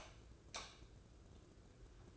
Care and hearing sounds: daily activity, microphone in the room; light off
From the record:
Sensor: 2

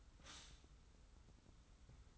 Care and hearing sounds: daily activity, microphone in the room; stop toaster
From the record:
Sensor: 3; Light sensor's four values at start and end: 34/81/32/30 and 34/81/32/31

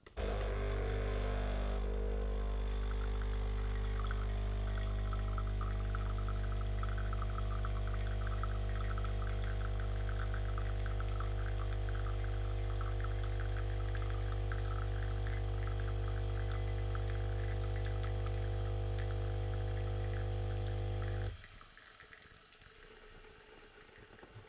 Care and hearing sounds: daily activity, microphone in the room; make coffee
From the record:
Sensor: 4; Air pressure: 1001.1 hPa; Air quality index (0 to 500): 148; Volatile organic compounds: 2 ppm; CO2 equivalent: 1090 ppm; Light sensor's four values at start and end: 19/44/19/20 and 23/53/22/23

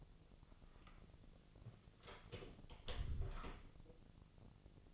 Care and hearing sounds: daily activity, microphone in the room; close door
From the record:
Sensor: 4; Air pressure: 1001.3 hPa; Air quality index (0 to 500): 186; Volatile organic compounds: 3 ppm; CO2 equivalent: 1330 ppm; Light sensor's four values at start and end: 15/35/14/15 and 17/40/16/17

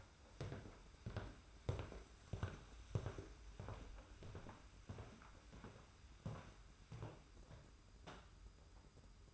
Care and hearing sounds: daily activity, microphone in the room; walk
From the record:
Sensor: 2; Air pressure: 991.5 hPa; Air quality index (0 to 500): 186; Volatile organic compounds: 1000 ppm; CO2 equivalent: 6071 ppm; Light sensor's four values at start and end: 30/92/36/34 and 30/92/36/34

